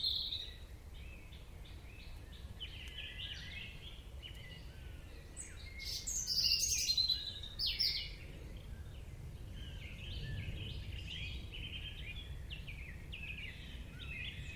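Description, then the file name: European robin singing a long run of high, scratchy and sliding notes, with a brighter burst of phrases near the middle above constant low noise. "Erithacus rubecula"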